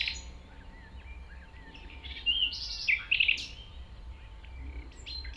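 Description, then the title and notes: Common nightingale song: a few loud, sharp whistled notes and short trills near the middle, over a low rumble. 195 Rue de Vars, Chindrieux, France; recordist approaching on foot through tall grass; nightingale is deaf to outside noise while singing. "195 Rue de Vars, 73310 Chindrieux, France - approche d'un rossignol. Je marche dans les herbes hautes pour approcher un rossignol, quand il chante il est sourd aux bruits extérieurs"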